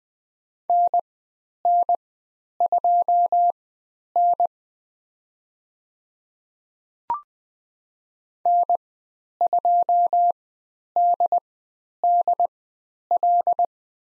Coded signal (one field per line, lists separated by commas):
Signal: Morse code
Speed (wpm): 20 wpm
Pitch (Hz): 700 Hz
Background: none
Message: NN2N N2DDL